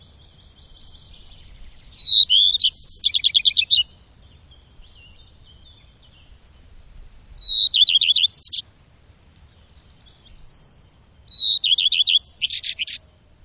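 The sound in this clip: Bird song: high thin phrases of rapid trilled notes, three bursts about four seconds apart, over a faint steady high hiss.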